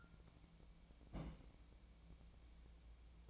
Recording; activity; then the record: daily activity, microphone in the room; place on stove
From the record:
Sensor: 1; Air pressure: 1000.0 hPa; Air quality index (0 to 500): 132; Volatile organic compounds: 2 ppm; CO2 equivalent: 1251 ppm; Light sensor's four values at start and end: 43/110/46/57 and 43/109/46/57